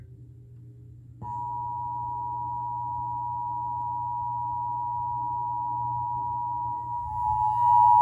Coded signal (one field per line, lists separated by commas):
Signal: Emergency Alert System (SAME) tones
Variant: 853 and 960 Hz attention tone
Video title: (EAS #16-17) Severe thunderstorm warning (fm radio and TV) 9/1/2021